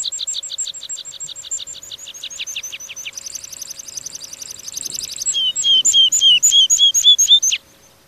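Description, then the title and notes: Meadow Pipit song: rapid high piping notes that speed into a fine buzzy trill, then end in slower, sweeter, lower-pitched whistled notes. "Viikon luontoääni: Niittykirvinen. Risto Salovaara"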